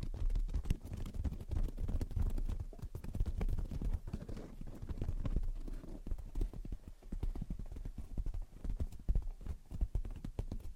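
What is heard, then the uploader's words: Gentle tapping and scratching go on for the whole stretch, a dense, uneven patter of soft knocks with a dull, low body. The taps come rapidly and irregularly, thinning slightly in the middle before picking up again, with a faint rough scratch between them. Gentle Tapping and Scratching. (No Talking).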